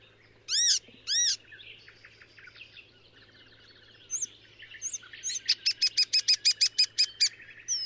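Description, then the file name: Icterine warbler song: two loud upswept high notes, a quieter scratchy passage, then a fast series of sharp repeated notes and a final short high note. "Hypolais icterine"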